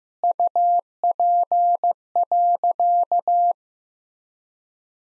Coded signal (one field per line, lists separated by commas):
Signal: Morse code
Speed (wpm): 16 wpm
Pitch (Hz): 700 Hz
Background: none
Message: UP.